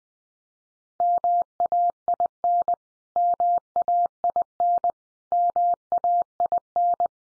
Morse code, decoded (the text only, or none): MAIN MAIN MAIN